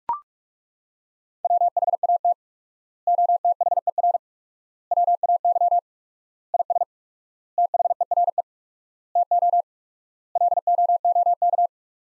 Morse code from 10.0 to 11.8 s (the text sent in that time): LOOK